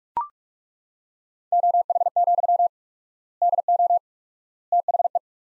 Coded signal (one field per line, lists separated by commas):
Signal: Morse code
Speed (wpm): 42 wpm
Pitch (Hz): 700 Hz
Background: none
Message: OH, DO THE